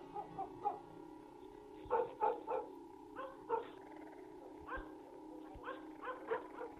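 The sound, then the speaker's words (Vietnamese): Dogs bark in the distance in a loose, irregular series of short, sharp yelps and woofs, some in quick pairs, over a steady low drone; no voices. “Mấy tiếng chó sủa vang lên đâu đó, làm cho bóng người kia bất giác giật mình lo lắng.”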